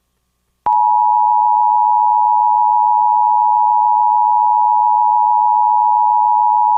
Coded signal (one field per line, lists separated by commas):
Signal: Emergency Alert System (SAME) tones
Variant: 853 and 960 Hz attention tone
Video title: EAS Reenactment Mock: EMnet Flood Warning